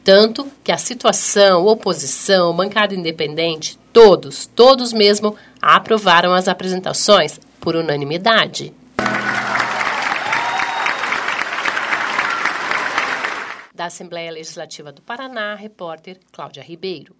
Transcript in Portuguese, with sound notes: Tanto que a situação, oposição, bancada independente. Todos aprovaram as apresentações por unanimidade.
(Sobe som com aplausos)
Da Assembleia Legislativa do Paraná, repórter Cláudia Ribeiro.